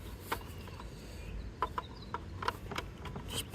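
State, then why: Seated. A plastic fitting is plugged into an Aquafysh HD070C cordless pool vacuum and snaps into place with a sharp click at 1.6 s. Several other short, bright plastic clicks and taps come at about 0.3, 1.8, 2.1, 2.5 and 2.8 s over a quiet low background hum. The fitting is seated.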